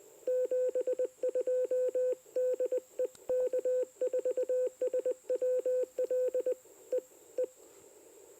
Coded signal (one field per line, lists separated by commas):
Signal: Morse code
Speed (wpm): 20 wpm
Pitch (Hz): 500 Hz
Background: radio noise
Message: 72 DE K4SWL E E